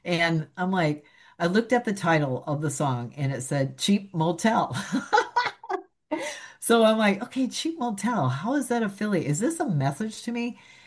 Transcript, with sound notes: And I'm like, I looked at the title of the song and it said Cheap Motel. (laughs) So I'm like, "Okay, Cheap Motel, how is that affiliate?
Is this a message to me?"